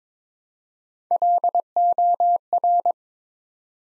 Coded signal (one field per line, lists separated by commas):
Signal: Morse code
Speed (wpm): 22 wpm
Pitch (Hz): 700 Hz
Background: none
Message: LOR